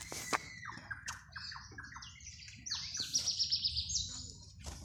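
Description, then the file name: Birds chirping in quick, sharp notes, with a rapid buzzy high trill and scattered squawks. Recorded in Parque Las Mojarras. "nino llorando y pajaros parque las mojarras"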